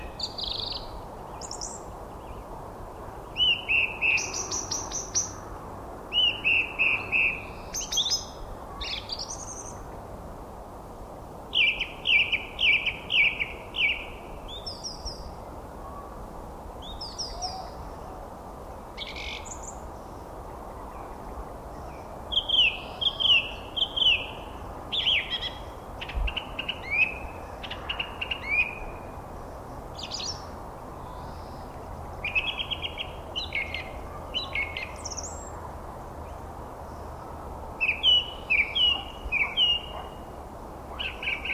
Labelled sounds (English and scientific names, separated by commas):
Song Thrush (Turdus philomelos) song